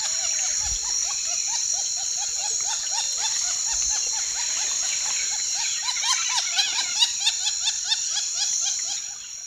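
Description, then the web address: Wattled jacana giving a rapid, steady series of short chattering notes, repeated many times, over a constant high insect hum. Two call types; eastern lowlands of South America. "Natures Songs S America Eastern Lowlands. Jacana jacana"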